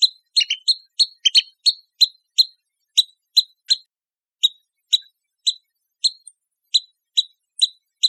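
Pygmy nuthatch calling: a quick opening flurry of squeaky piping notes, then a steady series of single high chirps.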